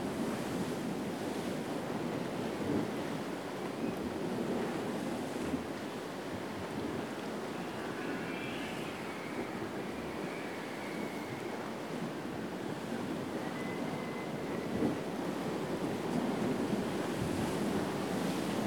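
A steady, dense wash of surf and breeze on a Greek island morning, low and even, with faint brief bird chirps near the middle.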